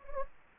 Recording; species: mosquito wingbeat signal from an infrared sensor; Anopheles gambiae